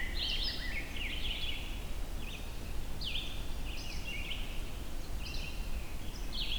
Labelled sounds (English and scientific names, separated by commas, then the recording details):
Red-eyed Vireo (Vireo olivaceus) song
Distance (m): 45 m
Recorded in boreal forest in Alberta, Canada, on 23 June 2016 at 05:35
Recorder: SongMeter 3, array SBT-6-76
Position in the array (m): 181 m, 88 m